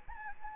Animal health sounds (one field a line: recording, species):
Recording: mosquito wingbeat signal from an infrared sensor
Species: Anopheles arabiensis